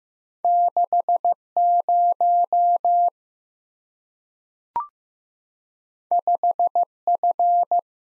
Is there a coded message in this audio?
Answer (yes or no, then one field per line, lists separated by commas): yes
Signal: Morse code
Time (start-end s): 0.4-7.8 s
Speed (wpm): 15 wpm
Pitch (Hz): 700 Hz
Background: none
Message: 60 5F